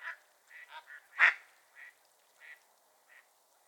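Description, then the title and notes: Mallard quacking: several short nasal quacks, one loud harsh quack standing out, the rest softer and spaced irregularly. Raft of at least 100 Mallards grouped together, very talkative; Otter Creek, Sleeping Bear Dunes National Lakeshore; 26 January 2023, 10:00 AM; heavy snow, wind, dense fog. "A Morning on Otter Creek with a Raft of Ducks. Nature is my Jam. a raft of Mallard Ducks"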